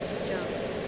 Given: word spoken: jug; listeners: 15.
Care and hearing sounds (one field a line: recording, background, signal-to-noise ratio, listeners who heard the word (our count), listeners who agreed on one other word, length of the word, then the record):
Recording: one English word in noise, from a listening test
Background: speech-shaped noise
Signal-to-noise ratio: -6.2 dB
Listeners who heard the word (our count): 0 of 15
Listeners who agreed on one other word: 9 of 15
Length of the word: 0.48 s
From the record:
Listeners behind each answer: 9, 3, 1, 1, 1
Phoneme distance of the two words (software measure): 17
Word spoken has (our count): 1 syllable, 3 phonemes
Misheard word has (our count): 1 syllable, 4 phonemes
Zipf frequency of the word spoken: 4.06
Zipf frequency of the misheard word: 4.84